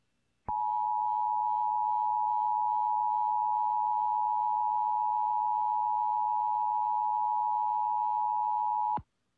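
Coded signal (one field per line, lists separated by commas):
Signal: Emergency Alert System (SAME) tones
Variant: 853 and 960 Hz attention tone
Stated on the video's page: Broadcast EAS activation relayed by an AM station for an AMBER Alert, with siren.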